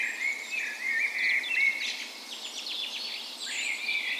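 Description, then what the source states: Birds in dawn chorus, a clear warbled phrase followed by quick descending notes over background twittering. Dawn chorus in a park west in Bergen, Norway, on the spring morning of 17 May, Norway's National Day; recorded with a Sony PCM A10 and LOM micro Usi mics as 'tree ears'.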